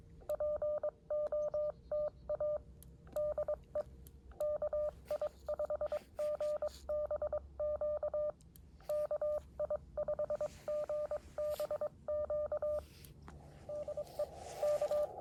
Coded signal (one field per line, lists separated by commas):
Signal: Morse code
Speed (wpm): 22 wpm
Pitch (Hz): 600 Hz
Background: none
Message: POTA DE KI5GBQ KI5GBQ DE K